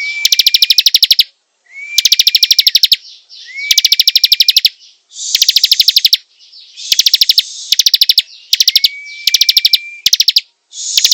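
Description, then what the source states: Prinia song of energetic buzzy rattles repeated in quick succession, with a flat whistled tone beneath some phrases. Singing vigorously, a style called gacor.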